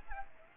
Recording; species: mosquito wingbeat signal from an infrared sensor; Aedes aegypti